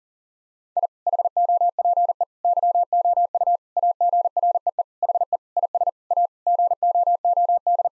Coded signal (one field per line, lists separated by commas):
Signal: Morse code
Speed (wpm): 37 wpm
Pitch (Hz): 700 Hz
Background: none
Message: I HOPE YOU AGREE HE IS A GOOD